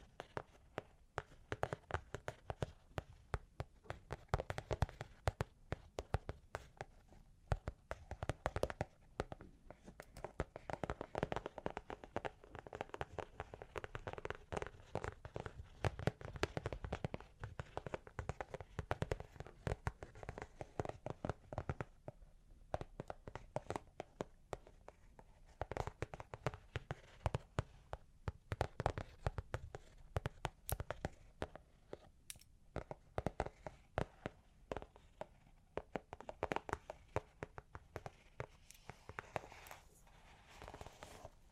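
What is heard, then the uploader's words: Long claws tap and scratch in dense, uneven clusters of sharp clicks, brief pauses breaking the steady flurry near 22 and 32 seconds. Long Claws Tapping and Scratching (No Talking).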